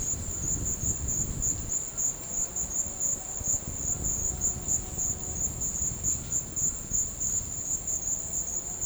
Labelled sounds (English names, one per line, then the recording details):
none
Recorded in dense forest near Puerto Asís, Putumayo, Colombia, on 4 March 2025 at 13:30
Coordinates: 0.500, -76.322
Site GP06